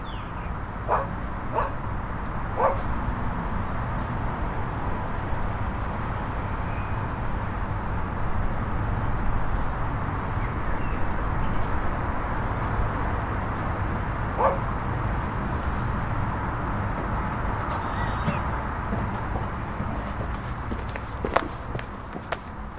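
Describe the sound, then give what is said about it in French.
Urban park ambience at midday in the Jardin des Dauphins, Grenoble, France, with trees, benches and walkers: a steady low city rumble, scattered footsteps, a few short dog yips and barks, and occasional faint high bird chirps. “un enregistrement tout droit tiré du Jardin des Dauphins, un endroit qu'on peut aisément considérer comme calme au regard de ses éléments visuels”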